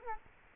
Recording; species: mosquito wingbeat signal from an infrared sensor; Culex quinquefasciatus